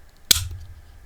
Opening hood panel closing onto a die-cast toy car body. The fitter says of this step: satisfying click never to be opened again